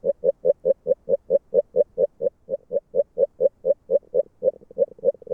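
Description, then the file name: Agile frog giving an even run of hollow, clucking notes, holding a steady pace and loudness. Recorded in Hungary. "Magyarorsz g B kahangjai - Erdei beka Agile Frog"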